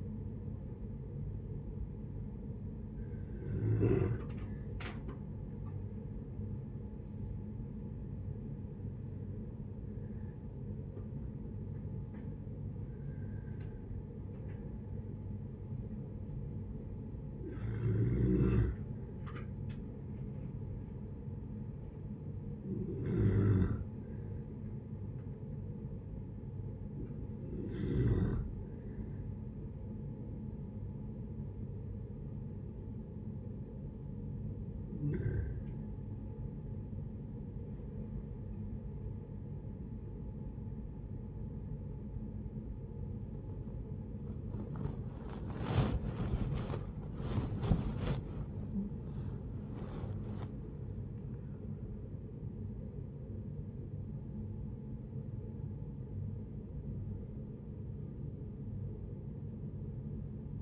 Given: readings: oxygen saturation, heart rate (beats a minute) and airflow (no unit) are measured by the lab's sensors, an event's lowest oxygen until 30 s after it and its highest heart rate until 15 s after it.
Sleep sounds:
breathing in sleep by a smartphone at the bedside; 1
17.00-39.00 s: hypopnea (N1, oxygen 96% highest, then 94% lowest, heart rate 74 at the start, 86 highest)
36.00-60.62 s: new sleep stage, awake
38.00-60.62 s: awake
From the record:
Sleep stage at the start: N1 (lightest sleep); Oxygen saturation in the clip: 65 to 96%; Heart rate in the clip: 69 to 88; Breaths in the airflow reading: 13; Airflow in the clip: -10.5 to 12.1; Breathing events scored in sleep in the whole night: 496 in 5.4 hours asleep

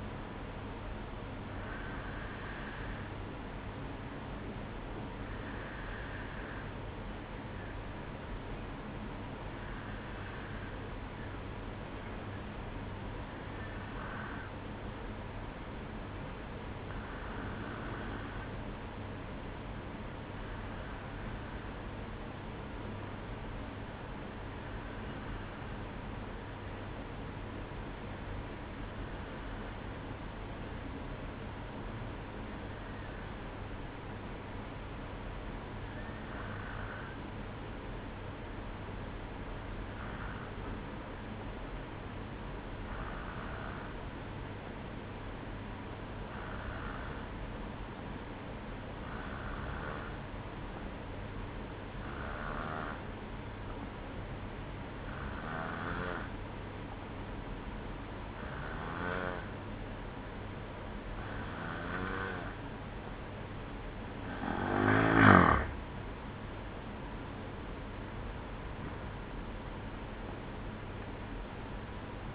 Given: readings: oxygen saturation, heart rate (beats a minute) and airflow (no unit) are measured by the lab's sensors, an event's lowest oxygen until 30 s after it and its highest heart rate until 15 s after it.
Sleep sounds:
breathing in sleep by a voice recorder at the bedside; 1
23.00-61.90 s: hypopnea (N1, oxygen 95% highest, then 91% lowest, heart rate 58 at the start, 70 highest)
42.00-72.35 s: new sleep stage, N2 (light sleep)
From the record:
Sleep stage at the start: N1 (lightest sleep); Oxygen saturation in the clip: 92 to 95%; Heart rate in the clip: 56 to 70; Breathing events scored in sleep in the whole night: 305 in 9.6 hours asleep

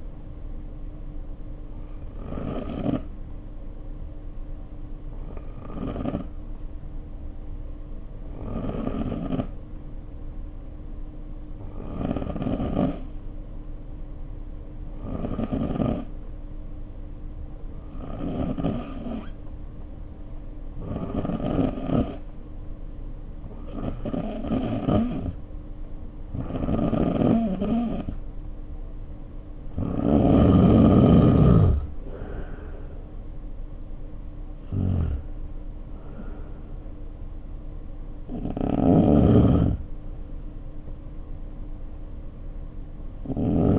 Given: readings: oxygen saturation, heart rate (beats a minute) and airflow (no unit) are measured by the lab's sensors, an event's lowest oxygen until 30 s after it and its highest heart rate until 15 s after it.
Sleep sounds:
breathing in sleep by a smartphone at the bedside; 1
10.00-31.10 s: hypopnea (N2, oxygen 93% highest, then 88% lowest, heart rate 54 at the start, 66 highest)
From the record:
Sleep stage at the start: N2 (light sleep); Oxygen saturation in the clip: 88 to 93%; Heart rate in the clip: 53 to 66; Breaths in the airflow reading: 12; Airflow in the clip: -4.3 to 5.1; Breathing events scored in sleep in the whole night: 520 in 7.2 hours asleep

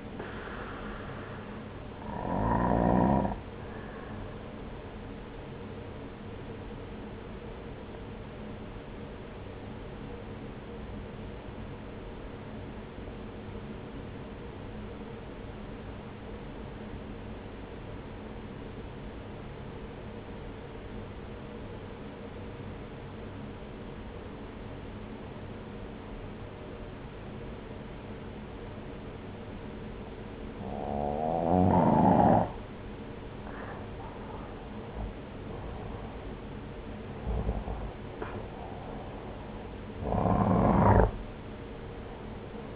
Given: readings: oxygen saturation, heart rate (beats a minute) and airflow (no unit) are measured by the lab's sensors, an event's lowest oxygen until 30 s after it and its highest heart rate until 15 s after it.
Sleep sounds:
breathing in sleep by a voice recorder at the bedside; 1
8.00-33.60 s: obstructive apnea (N1, oxygen 95% highest, then 89% lowest)
From the record:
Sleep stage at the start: N1 (lightest sleep); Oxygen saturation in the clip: 85 to 95%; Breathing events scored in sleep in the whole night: 303 in 8.1 hours asleep

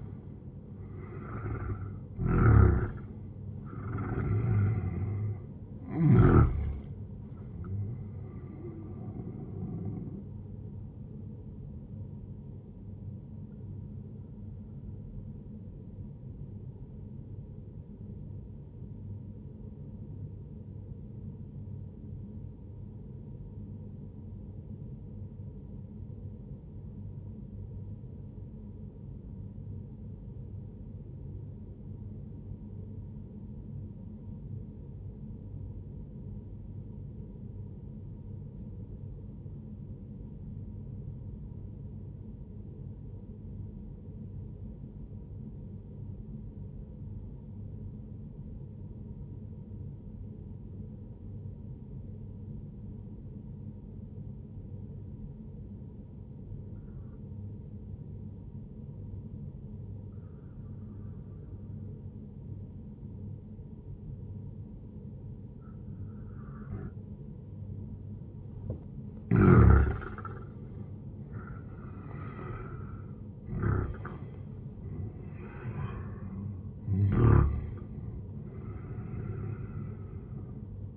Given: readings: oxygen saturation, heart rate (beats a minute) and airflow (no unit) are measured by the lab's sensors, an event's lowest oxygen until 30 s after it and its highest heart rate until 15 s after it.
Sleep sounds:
breathing in sleep by a smartphone at the bedside; 1
15.00-80.97 s: new sleep stage, N1 (lightest sleep)
18.00-68.00 s: obstructive apnea (N1, oxygen 97% highest, then 90% lowest, heart rate 60 at the start, 78 highest)
From the record:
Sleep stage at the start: N2 (light sleep); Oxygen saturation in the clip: 88 to 97%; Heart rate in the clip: 59 to 80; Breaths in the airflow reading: 6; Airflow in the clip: -11.4 to 13.9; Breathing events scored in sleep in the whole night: 131 in 7.2 hours asleep

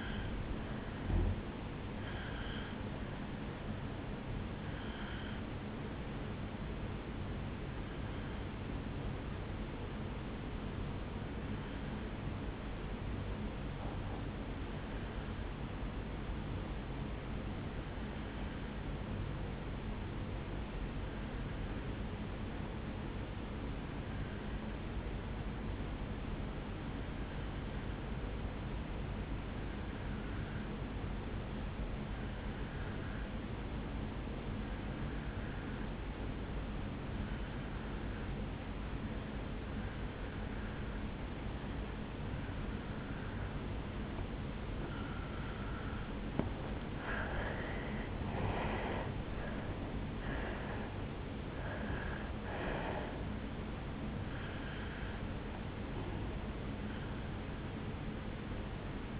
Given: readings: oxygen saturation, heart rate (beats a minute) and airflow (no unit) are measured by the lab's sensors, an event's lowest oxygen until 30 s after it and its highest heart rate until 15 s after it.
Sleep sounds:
breathing in sleep by a voice recorder at the bedside; 1
2.00-32.00 s: new sleep stage, N1 (lightest sleep)
10.00-47.50 s: obstructive apnea (N1, oxygen 97% highest, then 84% lowest, heart rate 58 at the start, 78 highest)
32.00-59.20 s: new sleep stage, N2 (light sleep)
From the record:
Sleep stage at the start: N2 (light sleep); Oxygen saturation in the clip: 82 to 97%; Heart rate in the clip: 58 to 78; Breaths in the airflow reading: 6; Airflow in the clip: -10.8 to 7.2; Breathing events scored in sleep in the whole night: 449 in 7.0 hours asleep

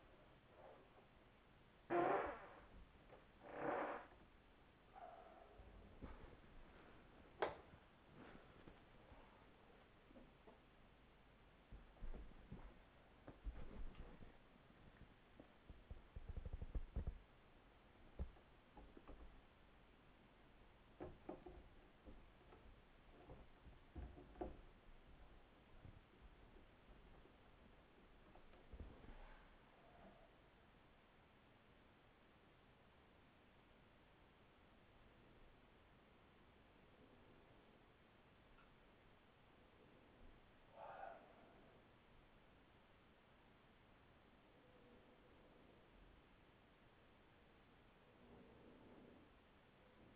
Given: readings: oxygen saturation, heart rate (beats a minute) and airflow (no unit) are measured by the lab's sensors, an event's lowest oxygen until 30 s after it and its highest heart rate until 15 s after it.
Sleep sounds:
a person awake in a sleep study, by a voice recorder at the bedside; none
0.00-50.16 s: awake
From the record:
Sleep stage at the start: awake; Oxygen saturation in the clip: 96 to 97%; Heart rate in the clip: 46 to 76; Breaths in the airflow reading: 10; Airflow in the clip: -7.9 to 9.4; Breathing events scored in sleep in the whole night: 207 in 7.6 hours asleep

